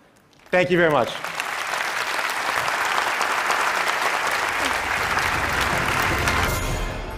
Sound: applause